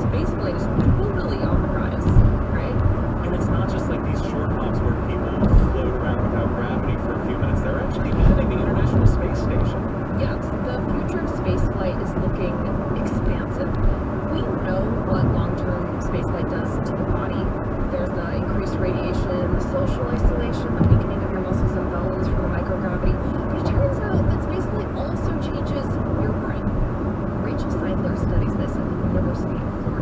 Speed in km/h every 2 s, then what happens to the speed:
98, 97, 98, 98, 97, 97, 93, 93, 93, 93, 92, 92, 85, 82, 77.
0-22 steady at about 93. 22-30 slows to 77.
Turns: none.